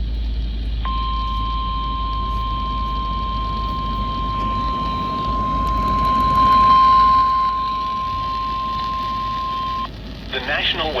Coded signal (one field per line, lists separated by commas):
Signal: Emergency Alert System (SAME) tones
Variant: 1050 Hz attention tone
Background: speech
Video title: EAS #106 “Charleston FFW.” 8/22/2026